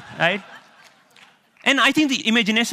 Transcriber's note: laughter